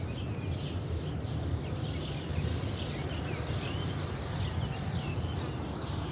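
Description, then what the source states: Crickets give high pulsed chirps in repeated bursts over a constant low rumble. Nature ambience recorded in Spain.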